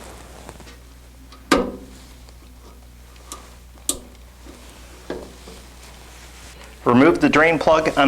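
The far end of the plastic drain (waste) tubing is pressed into plastic retaining clips, installed earlier inside an Epson F2000 DTG printer. Two sharp snaps at 1.5 s and 3.9 s mark the tubing seating in the clips, with quieter handling taps around them. Someone talks at the end.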